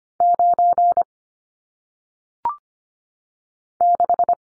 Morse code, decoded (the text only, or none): 9 6